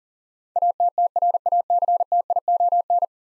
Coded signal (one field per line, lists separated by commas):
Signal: Morse code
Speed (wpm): 40 wpm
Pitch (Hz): 700 Hz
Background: none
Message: ATTRACTION